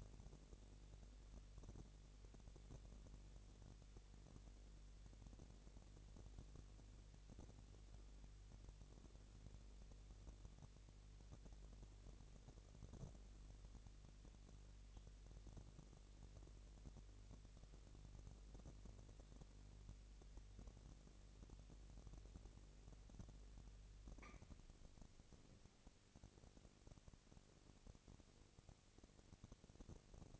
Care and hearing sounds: daily activity, microphone in the room; no activity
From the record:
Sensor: 4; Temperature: 22.5 degrees Celsius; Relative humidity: 33.4%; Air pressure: 999.7 hPa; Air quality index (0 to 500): 231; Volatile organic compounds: 20 ppm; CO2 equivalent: 2705 ppm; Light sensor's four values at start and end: 2/3/1/1 and 2/3/1/1

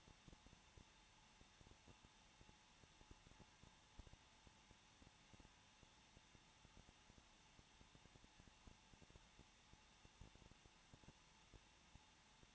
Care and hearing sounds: daily activity, microphone in the room; no activity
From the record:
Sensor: 1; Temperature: 20.0 degrees Celsius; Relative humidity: 39.4%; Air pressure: 1006.4 hPa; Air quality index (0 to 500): 219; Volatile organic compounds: 83 ppm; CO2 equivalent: 3630 ppm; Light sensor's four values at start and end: 1/2/1/1 and 1/2/1/1

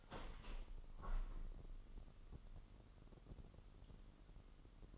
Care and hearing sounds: daily activity, microphone in the room; open window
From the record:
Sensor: 4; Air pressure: 998.8 hPa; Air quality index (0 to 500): 122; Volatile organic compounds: 2 ppm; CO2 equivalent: 1194 ppm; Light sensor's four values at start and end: 9/22/9/9 and 9/22/9/9

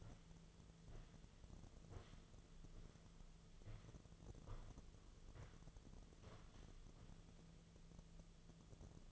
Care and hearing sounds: daily activity, microphone in the room; walk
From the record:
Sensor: 4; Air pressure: 1006.3 hPa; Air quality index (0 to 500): 86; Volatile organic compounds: 2 ppm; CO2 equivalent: 1070 ppm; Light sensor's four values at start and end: 12/28/11/10 and 12/28/11/10

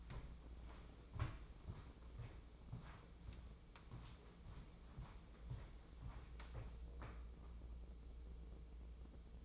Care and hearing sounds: daily activity, microphone in the room; walk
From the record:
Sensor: 1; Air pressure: 995.9 hPa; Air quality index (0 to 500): 241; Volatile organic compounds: 1000 ppm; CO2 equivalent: 7041 ppm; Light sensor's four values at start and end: 39/96/41/50 and 38/96/40/49

